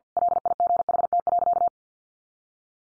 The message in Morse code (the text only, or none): LIGHT.